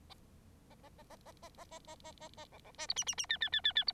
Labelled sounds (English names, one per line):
Bengalese Finch song